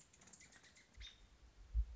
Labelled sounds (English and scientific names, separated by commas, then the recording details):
American Robin (Turdus migratorius)
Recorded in Sonoma County, California